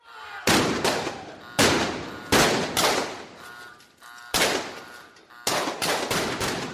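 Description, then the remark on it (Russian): Chaotic, panicked gunfire from cultists: about ten loud, sharp shots at irregular intervals, some in quick pairs. The bullets strike ancient masonry walls and ricochet off stone columns, each shot trailing off in a ringing, whining tail. No voices. “Беспорядочные панические выстрелы культистов били по стенам, высекая из древней кладки снопы искр и крошки.”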